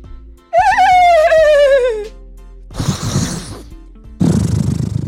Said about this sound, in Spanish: El caballo relincha.